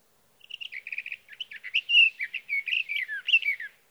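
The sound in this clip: Sage thrasher song beginning with quick repeated clipped notes, then a long medley of varied whistles and warbles.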